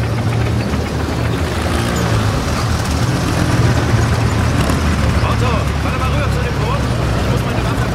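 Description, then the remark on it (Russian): German armored cars carrying infantrymen rumble along a village street, their heavy engines droning steadily with a deep, continuous low roar and clattering mechanical noise that stays loud throughout. “По улице деревни едут немецкие бронемашины.”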